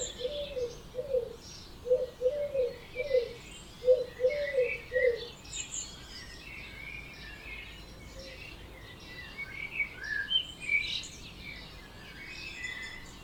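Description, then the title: Birds singing together at dawn: a run of low hooting notes over the first five seconds, under a busy layer of high twittering song. Dawn chorus at 4am in Oberhofen, Inntal, Austria; binaural recording. "Birds Oberhofen Inntal Austria - 4am - binaural version"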